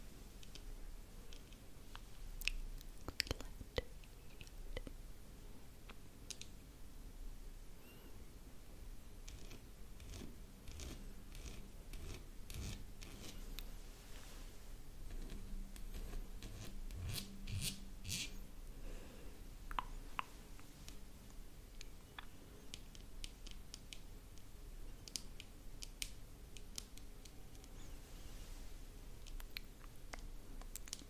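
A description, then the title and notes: Hands scratching and rubbing skin make dense, irregular crackly scrapes and taps throughout, with a brief low hum around fifteen to eighteen seconds. ASMR Scratching Your Face Hand Movements & Personal Attention.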